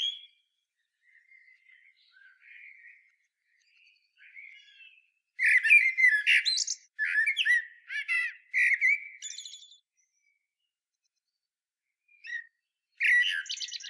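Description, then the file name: Common blackbird singing: quiet low warbles lead into a long run of loud fluty notes and scratchy twitters, then a short pause and another loud phrase. "Turdus merula"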